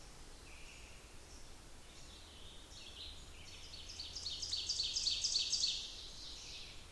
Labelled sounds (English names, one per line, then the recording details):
Ovenbird song
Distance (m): 40 m
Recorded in boreal forest in Alberta, Canada, on 27 June 2016 at 08:52
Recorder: SongMeter 3, array SBT-6-79
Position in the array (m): 65 m, 125 m
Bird 40